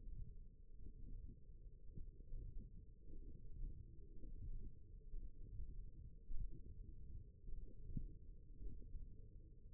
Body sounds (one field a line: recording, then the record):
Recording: forearm muscle sounds (acoustic myography)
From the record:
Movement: index flexion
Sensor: system 1, eight BSWA MPA416 microphones around the upper forearm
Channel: 2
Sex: female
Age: 21 years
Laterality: right